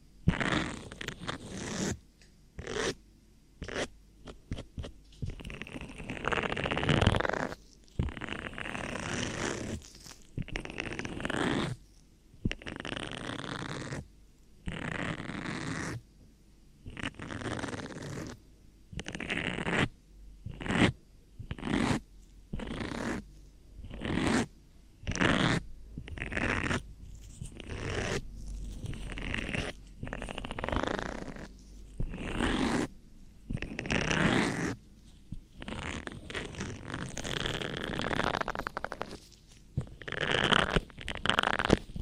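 Ear cleaning sounds arrive as short, dense bursts of scratchy rubbing and rustling, broken by brief silent gaps roughly every second. The bursts vary in length and loudness, some brighter and hissier, others duller, in an irregular stop-start rhythm throughout.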